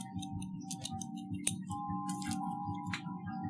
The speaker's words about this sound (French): Non, pas touche. C'était pour m'assurer si c'était le même tic-tac. C'est ma montre, pas touche.